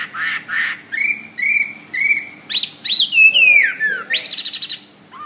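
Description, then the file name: Hwamei song opening with two harsh notes, then three steady level whistles, followed by sweeping, twisting phrases and a chattering trill. "omkicau hwamey"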